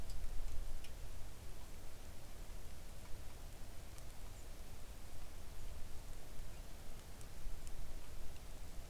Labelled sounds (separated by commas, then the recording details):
rain
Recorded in the Arctic National Wildlife Refuge, Alaska, on 3 August 2019 at 05:53
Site 41